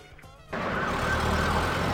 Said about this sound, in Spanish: El ruido abruma en la ciudad. Las veredas se llenan de gente. Las calles se cubren de autos.